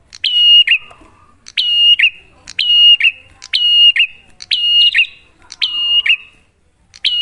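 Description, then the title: Bar-winged prinia singing a steady series of clicking, whistled phrases, each ending in a brief buzzy drop, repeated about once a second. Duet of the Cililin and Kapas Tembak song styles, used as a lure to train prenjak; bird singing actively (gacor) with a clear voice. "Masteran Duet Cililin Vs Kapas Tembak. Pancingan Prenjak Gacor Suara Jernih"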